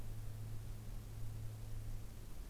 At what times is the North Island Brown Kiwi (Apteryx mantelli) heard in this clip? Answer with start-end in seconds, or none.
none